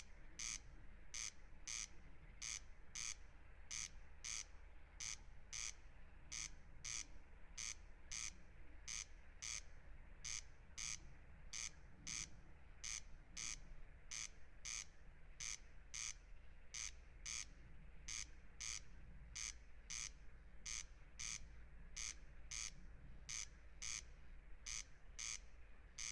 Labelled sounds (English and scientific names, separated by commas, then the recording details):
Corn Crake (Crex crex) song
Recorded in the wild
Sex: male
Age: adult
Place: Schwedt/Oder, Nationalpark Unteres Odertal, Brandenburg, DE
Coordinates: 53.04, 14.2932
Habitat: meadow
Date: 2021-06-10 23:33
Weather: 15°C, 80% humidity, almost windless
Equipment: Edirol R44, Microtech Gefell MK 250/MV220
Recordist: Frommolt, Karl-Heinz
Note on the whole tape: Polder B: calibrated recording of a corncrake. Distance 25.86 m estimated using a line array (recording